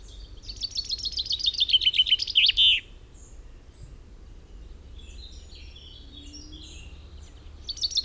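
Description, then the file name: Common chaffinch delivering one full descending trill with an ending flourish, followed by a pause with faint chirps and the start of a new phrase at the end. "Fringilla coelebs"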